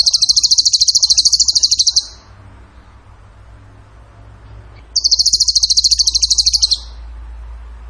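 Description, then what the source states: Bird song: two loud, very fast high trills of about two seconds each, with a quiet gap of nearly three seconds between them. Training song (masteran) in the tembakan gacor style.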